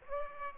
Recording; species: mosquito wingbeat signal from an infrared sensor; Aedes aegypti